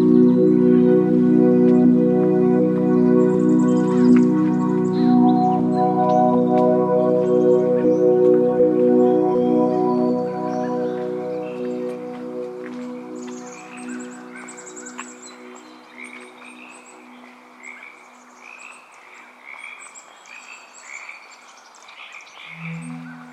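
At Oaks Bottom along the Willamette River, a loud, low, steady hum with layered tones fades out over the first fifteen seconds. Birds chirp and call throughout, with short repeated calls standing out later, and a brief low sound enters at the end.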